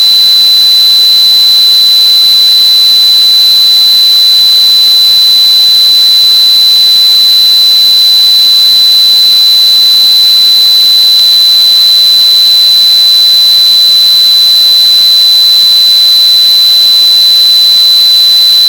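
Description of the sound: A steady, loud, high-pitched ringing tone sits over a constant hiss, unchanging for the full nineteen seconds. This is a simulation of tinnitus, the persistent ringing or hissing heard in the ears without an outside sound source.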